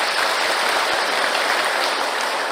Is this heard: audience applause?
yes